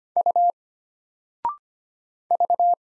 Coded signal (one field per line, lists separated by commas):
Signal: Morse code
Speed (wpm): 25 wpm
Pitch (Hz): 700 Hz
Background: none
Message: U V